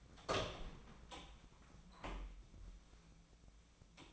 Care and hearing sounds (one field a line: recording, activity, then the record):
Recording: daily activity, microphone in the room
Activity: open door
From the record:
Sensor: 1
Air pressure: 1009.3 hPa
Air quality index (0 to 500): 184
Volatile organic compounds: 4 ppm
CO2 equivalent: 1552 ppm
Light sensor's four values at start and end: 40/108/44/53 and 41/109/45/53